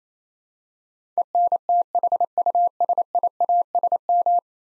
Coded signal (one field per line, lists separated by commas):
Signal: Morse code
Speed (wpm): 28 wpm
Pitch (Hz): 700 Hz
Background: none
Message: ENTHUSIASM